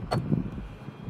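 On a Tesla Model X rear door, a plastic speaker grille clipped into the door panel is pulled until its clips snap free to reach the emergency release cable; it is tight because it is being removed for the first time. A sharp snap is heard at 0.1 s, followed by a softer clatter and low background noise. The grille comes out, released.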